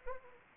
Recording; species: mosquito wingbeat signal from an infrared sensor; Anopheles gambiae